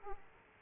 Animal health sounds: mosquito wingbeat signal from an infrared sensor; Aedes aegypti

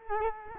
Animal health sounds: mosquito wingbeat signal from an infrared sensor; Culex quinquefasciatus

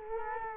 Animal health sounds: mosquito wingbeat signal from an infrared sensor; Culex quinquefasciatus

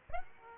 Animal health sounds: mosquito wingbeat signal from an infrared sensor; Aedes aegypti

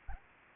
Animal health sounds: mosquito wingbeat signal from an infrared sensor; Anopheles gambiae

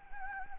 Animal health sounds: mosquito wingbeat signal from an infrared sensor; Anopheles gambiae

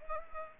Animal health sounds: mosquito wingbeat signal from an infrared sensor; Culex pipiens

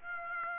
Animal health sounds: mosquito wingbeat signal from an infrared sensor; Aedes aegypti

